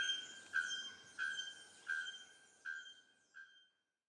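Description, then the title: Bird whistling a steady note five times about every 0.7 seconds, growing fainter, then silence, over a background hiss. Birdsong in tropical forest on Ilha Grande, Brazil; species unknown. "Oiseaux à Ilha grande"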